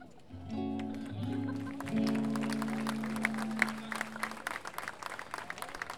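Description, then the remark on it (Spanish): A sustained musical chord rings out and fades while an audience at the V International Meeting of Payadores in San José de Maipo, Chile, breaks into steady, crackling applause that keeps going after the music ends. “así que va también nuestra dedicación de lo que hacemos en el escenario para los colegas que están debajo acompañándonos con el silencio y con el aplauso.”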